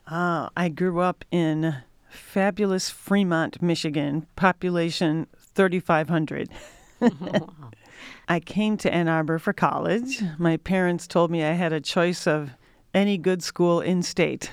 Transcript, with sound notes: I grew up in fabulous Fremont, Michigan, population 3,500. [LAUGHTER] I came to Ann Arbor for college. My parents told me I had a choice of any good school in state,